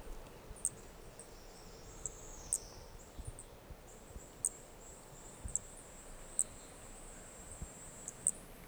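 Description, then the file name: Brachycephalus toadlet calling, a series of sharp, very high-pitched clicks at uneven intervals, with a high insect-like whine behind. Undetermined Brachycephalus species, individuals 4 and 5, recorded at Corcovado; the first two notes of the call are missing. "MHNCI Brachycephalus sp ind 4 ind 5 Corcovado two starting notes lost"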